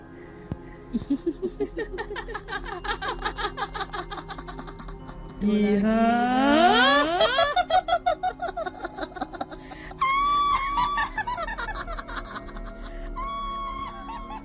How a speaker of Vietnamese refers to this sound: Bên ngoài ghe, gió nổi lên dữ dội, thổi những đốm lửa cháy bập bùng. Hòa cùng với đó là tiếng cười man dợ của một người đàn bà vang lên khắp cả khúc sông.